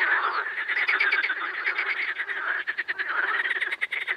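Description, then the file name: Amphibians: frogs croaking in a thick, continuous chorus of rattling pulses. Amphibian ambience. "AMBAmphibiens"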